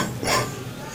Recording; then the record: coughing mixed with background sound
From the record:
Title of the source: Spring Cold Coughing 3